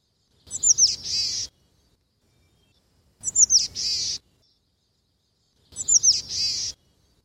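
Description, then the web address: Boreal chickadee giving high, scratchy calls: a thin note followed by a buzzy, hoarse phrase, repeated three times about every two and a half seconds. "Thumbs Plus Zoo Field Guide Repository Sounds"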